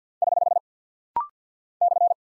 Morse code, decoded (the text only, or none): <HH> /